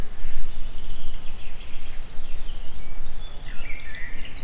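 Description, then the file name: Crickets trilling: a continuous high pulsing buzz, with a low rumble of background noise and a brief bird twitter near the end. Outdoors in nature near the Egér tourist house. "tobbfelerovar tucsokis egerturistahaz"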